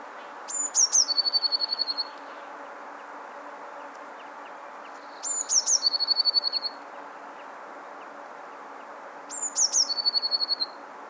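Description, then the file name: Eurasian blue tit delivering three similar phrases, each thin high notes dropping into a fast bright trill, roughly every four seconds. "Cyanistes caeruleus"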